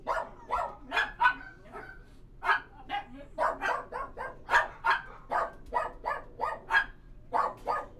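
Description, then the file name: Dog barking, loud sharp barks in quick irregular bursts with short gaps between volleys. Recorded inside a kennel. "Kennel Interior"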